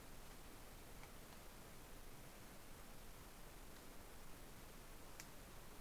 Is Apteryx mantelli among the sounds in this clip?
no